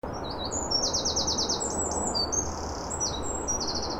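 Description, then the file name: Eurasian wren song, a rapid high run of trilled, rattling notes and fast buzzy phrases, bright and continuous over steady low background noise. "Troglodytes troglodytes"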